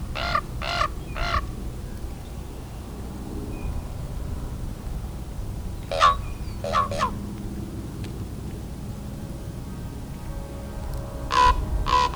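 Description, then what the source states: Common raven giving loud, harsh, rasping croaks in short bursts of two or three, separated by pauses of several seconds, with low background rumble throughout. A second raven arrives and lands in front of the recordist; the raven seems unhappy about a red-tailed hawk just above it.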